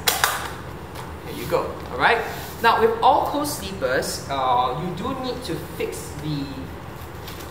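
The height adjusters on both sides of a Zibos Anta 5-in-1 baby co-sleeper bed lock into a height position in the frame with two quick clicks at 0.1 s and 0.2 s. After the clicks, someone talks for the rest of the clip. The adjuster is seated.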